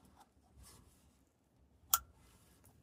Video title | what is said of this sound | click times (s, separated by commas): Bad math rundown 2025 F250 6.7 oil and filters changed. | Hear a click. You're in. | 1.9 s